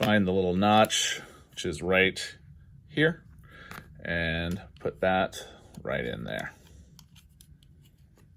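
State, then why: Seated. A detachable plastic foot pedal is pressed back into its notch on a Star Wars The Black Series Speeder Bike Scout Trooper speeder bike toy body, with someone talking through the first several seconds. After the speech stops, a few faint ticks are heard, and the pedal seats with a short click at 7.4 s.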